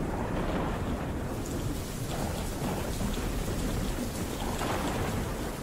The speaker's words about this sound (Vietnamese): ở bên ngoài một tiếng sấm đinh tai nhức óc vang lên. Gió thổi ù ù, hất những hạt mưa va lộp độp vào cửa kính.